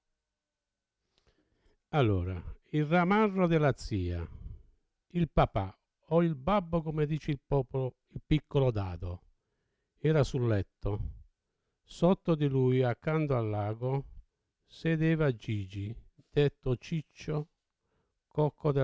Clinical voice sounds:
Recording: read passage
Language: Italian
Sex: male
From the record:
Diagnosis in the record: Parkinson's disease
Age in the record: 70 years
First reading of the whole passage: 68 s, 7.6 characters per second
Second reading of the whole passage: 61 s, 8.4 characters per second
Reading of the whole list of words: 64 s, 4.4 characters per second

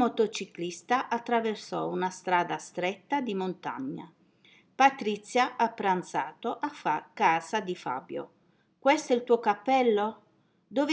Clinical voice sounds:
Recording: read phrases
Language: Italian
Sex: female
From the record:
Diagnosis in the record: healthy control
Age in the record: 60 years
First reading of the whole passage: 59 s, 7.9 characters per second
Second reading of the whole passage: 55 s, 8.5 characters per second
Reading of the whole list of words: 44 s, 6.4 characters per second

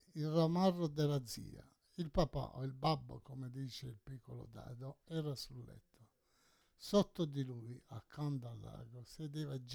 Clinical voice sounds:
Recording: read passage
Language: Italian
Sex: male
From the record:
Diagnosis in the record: Parkinson's disease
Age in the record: 68 years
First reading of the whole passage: 84 s, 6.2 characters per second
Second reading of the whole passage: 63 s, 8.2 characters per second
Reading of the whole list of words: 57 s, 5.0 characters per second

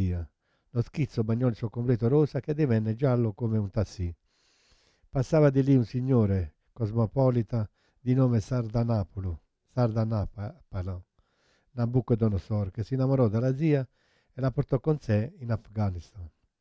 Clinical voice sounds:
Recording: read passage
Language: Italian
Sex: male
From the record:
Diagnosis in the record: Parkinson's disease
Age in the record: 71 years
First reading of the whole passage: 50 s, 10.4 characters per second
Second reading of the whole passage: 45 s, 11.4 characters per second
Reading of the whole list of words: 37 s, 7.6 characters per second

